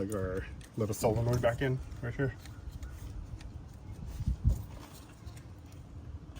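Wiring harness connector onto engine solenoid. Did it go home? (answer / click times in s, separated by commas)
no / none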